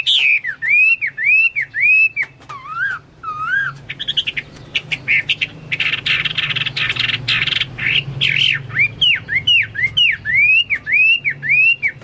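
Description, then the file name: Chinese hwamei song with repeated arched whistles, a burst of harsh buzzy notes in the middle, then more looping whistled phrases. "omkicau hwamei"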